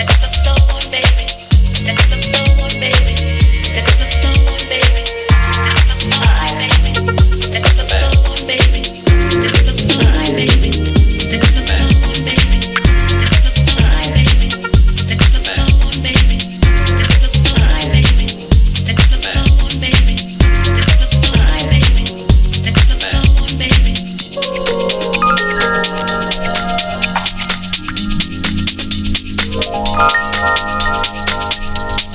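Dense, driving music with a heavy low bass line and a fast, regular beat filling the first twenty-four seconds. Around the 24-second mark the thumping bass drops away, leaving bright sustained tones and rising melodic lines over a lighter pulse.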